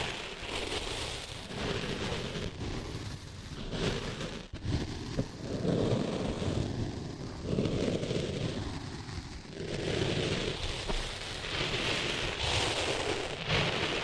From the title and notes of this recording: ASMR Cleaning Sand Out of Your Ears (No Talking).